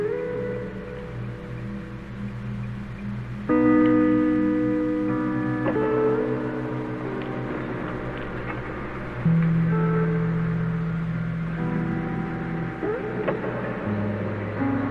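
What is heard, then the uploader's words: A car's turn signal ticks steadily under a low, constant rumble, with faint clicks and knocks scattered throughout. Sustained tonal notes swell in around the four-second mark and again near nine seconds, shifting pitch before fading, and a deeper hum enters near the end. The wind had died down and the waves had become completely quiet. I used minimal guitar phrases.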